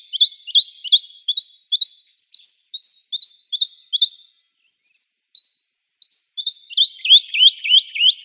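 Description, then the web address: Rock nuthatch song: loud, upslurred whistled notes repeated rapidly in bursts of several, broken by brief pauses and resuming in a fast, ringing series. "Schulze Peter Rock Nuthatch song"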